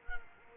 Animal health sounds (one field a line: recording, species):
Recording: mosquito wingbeat signal from an infrared sensor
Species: Culex quinquefasciatus